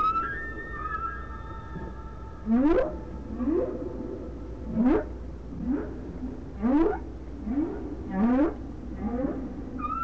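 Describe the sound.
Whale calls: a series of rising upswept whoops, with a few thin steady whistled tones early on, over a constant low hum.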